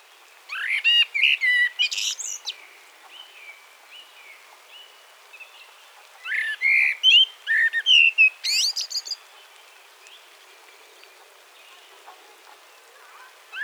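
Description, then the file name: Common blackbird song: two phrases of varied mellow whistles sliding up and down, each followed by shrill squeaky flourishes, with another phrase beginning at the very end. "Turdus merula"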